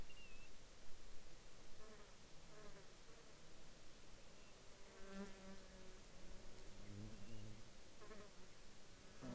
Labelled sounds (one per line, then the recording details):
bird
insects
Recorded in the Arctic National Wildlife Refuge, Alaska, on 21 July 2021 at 06:19
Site 33